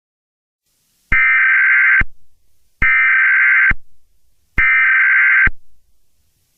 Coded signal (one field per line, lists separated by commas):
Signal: Emergency Alert System (SAME) tones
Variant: header bursts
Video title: EAS #4 Pichu Emergency (AGAIN) (REAL)